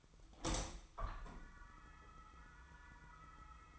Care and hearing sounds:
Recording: daily activity, microphone in the room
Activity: open window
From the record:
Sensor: 1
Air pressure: 1004.7 hPa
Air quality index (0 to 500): 99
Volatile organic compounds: 3 ppm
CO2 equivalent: 1356 ppm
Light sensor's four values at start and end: 8/20/8/8 and 8/21/8/9

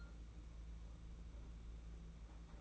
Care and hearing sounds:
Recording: daily activity, microphone in the room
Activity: take from stove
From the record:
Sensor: 1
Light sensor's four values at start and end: 22/76/30/30 and 22/77/30/30

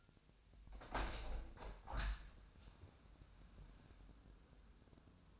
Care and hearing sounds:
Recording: daily activity, microphone in the room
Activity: open window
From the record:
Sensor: 2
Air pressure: 1006.4 hPa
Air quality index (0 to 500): 198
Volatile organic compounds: 13 ppm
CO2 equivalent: 2418 ppm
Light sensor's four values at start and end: 8/21/8/9 and 9/21/9/9

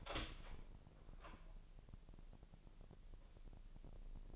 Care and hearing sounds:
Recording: daily activity, microphone in the room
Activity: open door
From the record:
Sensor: 5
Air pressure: 1001.0 hPa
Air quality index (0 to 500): 248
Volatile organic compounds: 35 ppm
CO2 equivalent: 3061 ppm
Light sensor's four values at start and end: 36/83/33/31 and 36/83/33/31

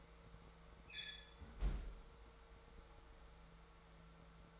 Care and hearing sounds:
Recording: daily activity, microphone in the room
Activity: close fridge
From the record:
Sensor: 3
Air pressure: 1014.9 hPa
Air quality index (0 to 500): 200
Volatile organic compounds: 28 ppm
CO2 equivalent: 2917 ppm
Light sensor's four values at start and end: 12/29/11/12 and 13/33/13/14

